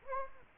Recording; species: mosquito wingbeat signal from an infrared sensor; Anopheles gambiae